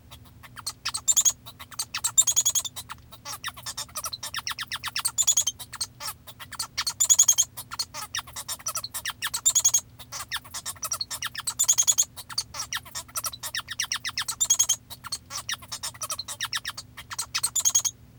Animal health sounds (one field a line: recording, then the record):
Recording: song of a male Bengalese finch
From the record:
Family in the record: father 1